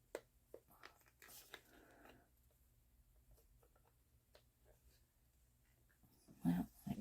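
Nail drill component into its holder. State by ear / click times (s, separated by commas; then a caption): not seated / none. A component of an L'UGX Professional Nail Drill 35000RPM brushless electric nail drill is handled and pushed toward its holder, giving small sharp taps near 0.2, 0.5, 0.9 and 1.5 seconds, a soft rustle from about 1.2 to 2.2 seconds, and louder handling noise from about 6.4 seconds to the end. Someone talks briefly. Nothing has seated or clicked into place yet.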